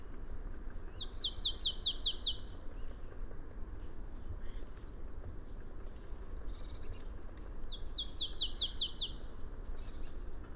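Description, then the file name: Marsh tit calls: two fast runs of five or six clipped, falling notes, separated by thin drawn-out whistles and scattered high chirps. "Poecile palustris"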